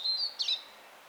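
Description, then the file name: European robin song: thin, high whistled notes held steady, then a brief twittering burst and another high sustained note, all within about a second. "Erithacus rubecula"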